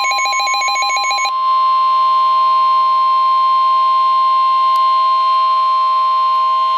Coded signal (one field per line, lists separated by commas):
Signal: Emergency Alert System (SAME) tones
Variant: 1050 Hz attention tone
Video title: EAS #237/238 - Tornado Warnings (6/1/2012)